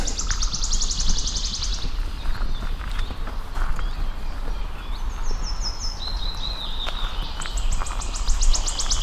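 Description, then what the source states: Wood Warbler song: a high, shivering trill of rapid strokes at the start, a second trill near the end, and softer bird notes between. Heard just after sunrise in May while walking toward a bird tower at Sylvöjärvi, Nastola, Finland; easy to recognise by its sound, and its Finnish name comes from the sound.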